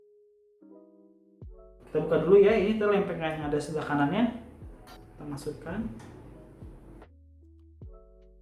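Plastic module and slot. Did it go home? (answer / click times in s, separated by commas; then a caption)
no / none. A memory module is being handled at a latched slot on a PC motherboard after the retaining plate on the right side is opened. Someone talks over music with evenly spaced notes, and there are brief sharp sounds near 7.0 and 7.8 seconds. The clip ends before the module goes in, so nothing has seated or clicked yet.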